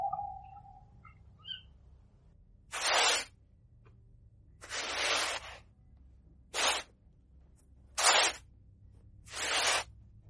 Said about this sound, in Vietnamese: 12 giờ đêm, khi tất cả mọi thứ chìm vào trong bóng tối vô tận, khi mà rừng núi chỉ còn những tiếng kêu en ép của loài chim lợn, tiếng côn trùng rà rích nơi những bụi cây rậm rạp và cả tiếng đào bới đang sục sạo.